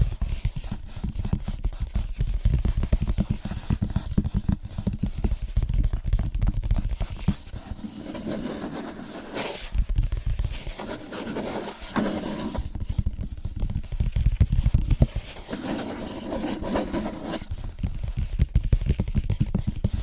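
Fast, rhythmic tapping on different surfaces, dense and continuous across the whole clip. The strikes are mostly low and thudding, then shift around 8–10 seconds and again near 12 and 16–17 seconds to a brighter, scrapier tone before returning to the deeper taps.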